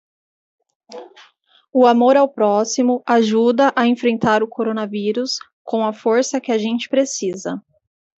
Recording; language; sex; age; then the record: spoken sentence; Brazilian Portuguese; female; 20 to 29 years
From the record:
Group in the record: control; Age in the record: 28 years